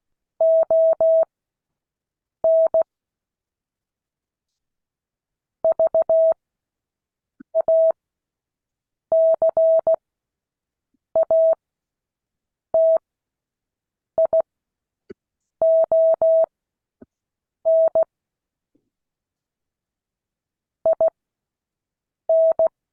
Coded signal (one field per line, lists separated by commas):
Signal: Morse code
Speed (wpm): 16 wpm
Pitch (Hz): 650 Hz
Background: none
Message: ON VACATION IN